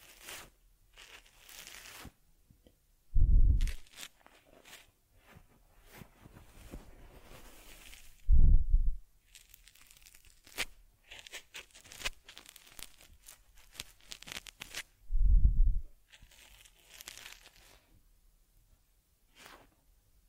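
Teddy bear care sounds: soft brushing, crinkling and scratchy rubbing come in short, irregular bursts with quiet gaps between. Three louder, deep thumping bumps stand out near 3, 8 and 15 seconds, while brighter scratching strokes fill much of the rest.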